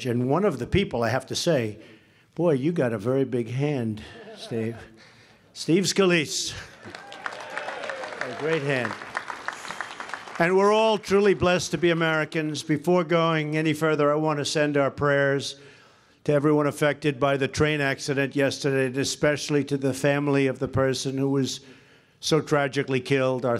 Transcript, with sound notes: And one of the people, I have to say—boy, you got a very big hand, Steve. Steve Scalise. A great hand. (Applause.) And we’re all truly blessed to be Americans. Before going any further, I want to send our prayers to everyone affected by the train accident yesterday, and especially to the family of the person who was so tragically killed.